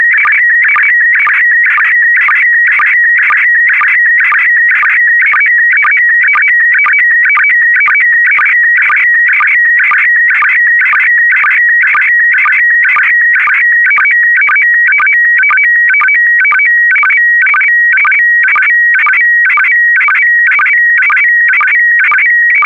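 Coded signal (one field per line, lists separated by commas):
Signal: SSTV (slow-scan television)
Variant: PD120 mode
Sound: steady rhythmic warbling tones hopping between pitches, with short low sync blips each line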